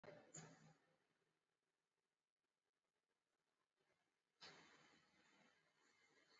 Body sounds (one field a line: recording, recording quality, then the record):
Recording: deep breathing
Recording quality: excellent, no background noise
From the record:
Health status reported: exposed to COVID-19, no respiratory illness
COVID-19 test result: not tested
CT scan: not taken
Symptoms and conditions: none ticked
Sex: male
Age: 30 years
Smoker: no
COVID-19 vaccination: both doses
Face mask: worn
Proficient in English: yes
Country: India